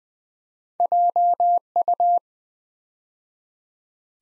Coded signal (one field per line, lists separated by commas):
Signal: Morse code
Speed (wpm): 20 wpm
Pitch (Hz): 700 Hz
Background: none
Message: JU